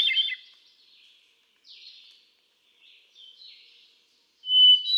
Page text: Birdsong for the Curious Naturalist. Hermit thrush. A truly gifted and inspiring songster. Can you hear how he cycles through his repertoire of about ten different songs? June 13, 2006. Quabbin Park, Ware, Massachusetts